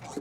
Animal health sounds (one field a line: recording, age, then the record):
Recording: pig call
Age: piglet (1 to 25 days)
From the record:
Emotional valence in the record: negative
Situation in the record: long isolation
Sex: female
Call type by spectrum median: low-frequency call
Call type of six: mixed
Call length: 0.21 s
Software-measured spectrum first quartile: 330 Hz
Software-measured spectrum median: 688 Hz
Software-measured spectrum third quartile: 2217 Hz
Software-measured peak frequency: 289 Hz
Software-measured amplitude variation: 141 dB a second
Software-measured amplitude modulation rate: 21.1 a second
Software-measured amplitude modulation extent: 6.7 dB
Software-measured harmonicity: 3.0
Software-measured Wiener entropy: -1.72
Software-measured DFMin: 1196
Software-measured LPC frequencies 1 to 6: 447, 2242, 3941, 5736, 6762, 7691 Hz